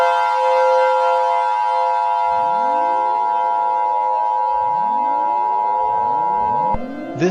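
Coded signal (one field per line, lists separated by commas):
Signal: Emergency Alert System (SAME) tones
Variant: 853 and 960 Hz attention tone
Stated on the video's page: Mock, fictional EAS alert for a nuclear power plant meltdown.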